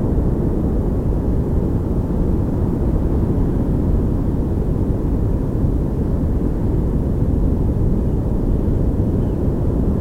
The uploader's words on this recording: High Tide (disquiet0530). Part of a recording I made at a local beach with nothing altered or added.